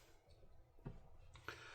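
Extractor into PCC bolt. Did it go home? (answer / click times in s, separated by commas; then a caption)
yes / 1.5 s. A new extractor with a new spring is flipped over and pushed with light pressure into a PCC bolt. After soft handling noise and two smaller taps at about 0.9 and 1.4 seconds, a sharp click at 1.5 seconds marks the extractor seating in place.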